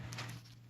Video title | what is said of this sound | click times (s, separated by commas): Caldigit TS3 Plus - Thunderbolt Dock MacBook Pro | it has a nice click to it a bounce and here you go nikon d750 | 0.1 s